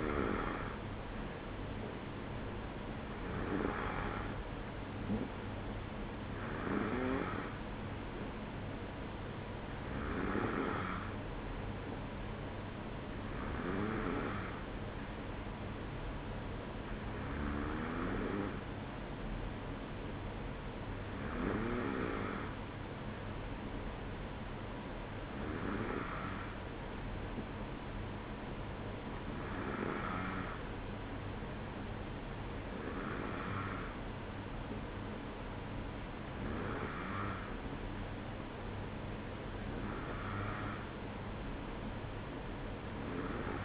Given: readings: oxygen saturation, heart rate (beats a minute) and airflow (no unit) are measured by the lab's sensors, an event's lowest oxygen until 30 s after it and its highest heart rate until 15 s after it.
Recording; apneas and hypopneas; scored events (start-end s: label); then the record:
breathing in sleep by a voice recorder at the bedside; none
none scored
From the record:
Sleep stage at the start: N2 (light sleep); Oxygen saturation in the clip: 93 to 94%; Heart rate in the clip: 54 to 57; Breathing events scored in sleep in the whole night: 305 in 9.6 hours asleep